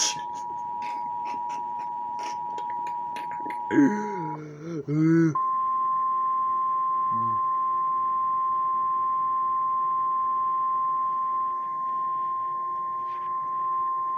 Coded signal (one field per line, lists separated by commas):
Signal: Emergency Alert System (SAME) tones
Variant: 853 and 960 Hz attention tone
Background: speech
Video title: the infection Thanksgiving 2016 eas scenario movie night reaction🍿🥧